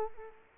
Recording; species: mosquito wingbeat signal from an infrared sensor; Culex quinquefasciatus